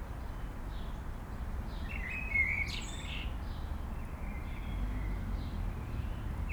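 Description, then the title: Common blackbird song: one brief warbled phrase near the middle ending in a high squeaky flourish, with faint chirps over a steady low traffic rumble. Singing in a city amid urban road and air traffic noise, Aix-les-Bains, France. "51 Rue Maryse Bastié, Aix-les-Bains, France - Merle dans la ville"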